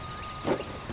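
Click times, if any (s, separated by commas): none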